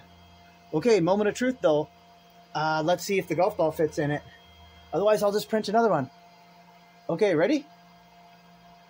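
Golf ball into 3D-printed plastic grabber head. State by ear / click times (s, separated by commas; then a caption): not seated / none. A golf ball is held ready to be pushed into a freshly 3D-printed plastic grabber head for its first test. Someone talks in several bursts over a steady low hum. The clip ends before the ball goes in, and nothing has seated or clicked yet.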